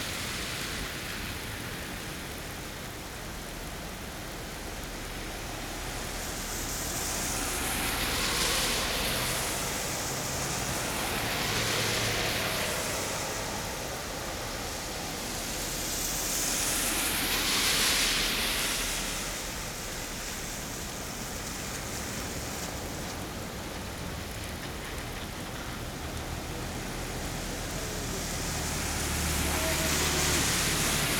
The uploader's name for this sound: Cars Passing on a Rainy Day